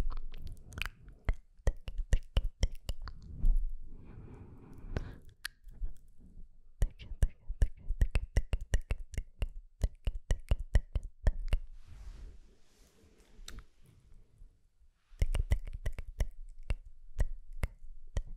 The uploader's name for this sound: Sk Sk Tk Tk TicoTico